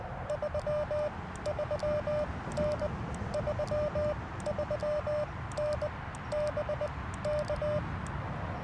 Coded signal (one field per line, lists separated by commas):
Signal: Morse code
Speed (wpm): 20 wpm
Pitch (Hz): 600 Hz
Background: none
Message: 33N 33N BK